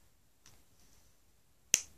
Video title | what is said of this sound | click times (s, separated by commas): Beauty Haul x its a long one get a coffee lol | oh STIs satisfying click don't we all like the satisfying click | 1.7 s